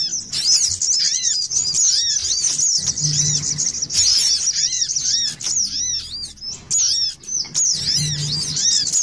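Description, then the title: Little spiderhunter song: fast, sustained high-pitched squeaking and twittering, broken by short arched chirps and brief pauses throughout. Masteran training song; local name sogok ontong labaik. "Masteran Burung Sogok Ontong Labaik"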